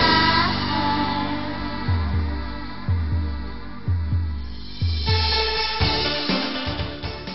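Steady paired lub-dub thumps at about 60 beats a minute over sustained musical tones, a long-play heartbeat sound sample.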